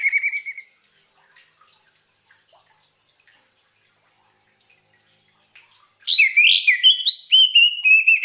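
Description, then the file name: Orange-headed thrush song: a brief whistle at the start, quiet hiss, then a fast rich run of many tumbling whistled notes. Played as a lure sound to keep a bird from getting stressed. "suara pancingan burung anis merah agar tidak stress"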